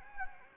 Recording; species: mosquito wingbeat signal from an infrared sensor; Anopheles gambiae